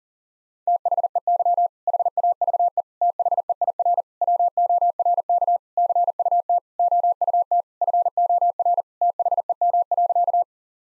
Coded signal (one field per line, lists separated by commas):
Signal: Morse code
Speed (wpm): 37 wpm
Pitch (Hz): 700 Hz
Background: none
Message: THEY HAVE THEIR WORK CUT OUT FOR THEM.